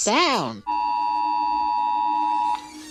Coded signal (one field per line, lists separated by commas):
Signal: Emergency Alert System (SAME) tones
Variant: 853 and 960 Hz attention tone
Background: speech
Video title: Rating eas alarms